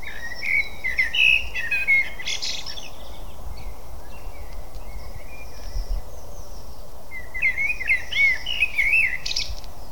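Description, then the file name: Eurasian blackbird song: fluty, slurred warbling phrases at the start and again near the end, separated by a long quiet gap with faint high notes. "Turdus merula"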